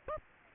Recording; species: mosquito wingbeat signal from an infrared sensor; Aedes aegypti